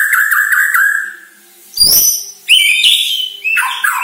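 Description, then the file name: White-rumped shama song: a wavering whistled phrase, a short pause, then a harsh burst followed by bright high whistles and ringing notes. Lure recording from Borneo, used to make birds sing. "Pancingan Murai Batu Borneo Agar Gacor"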